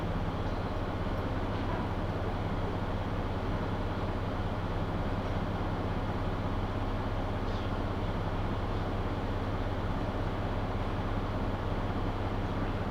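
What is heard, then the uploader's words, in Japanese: A train on the Kyudai Main Line runs from Hita toward Tanushimaru, its steady low rumble and droning hum holding at an even level throughout. A dense rattling texture sits over the drone, with a faint brief squeak around the seven-second mark. 音の旅 久大本線 日田→田主丸。キハ200+220の2両編成。既に学校帰りの学生でだいぶ席が埋まっていますがロングシート主体なので大丈夫でした。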